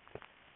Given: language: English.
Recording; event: throat vibration sensor signal played as sound; swallow